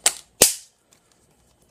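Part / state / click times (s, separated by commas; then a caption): latch on action camera housing door / seated / 0.1 s, 0.4 s. The latch on the plastic door of an action camera crash housing, holding an older GoPro 3 (not a 3 Plus), is snapped shut. Two loud, sharp clacks land at 0.1 s and 0.4 s, followed by a few faint ticks. The latch is closed and the camera is seated in the housing, ready to go.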